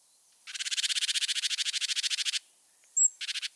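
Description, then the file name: Great tit giving a long fast rattling churr of many notes, then a sharp high note and a short second rattle. "Parus major"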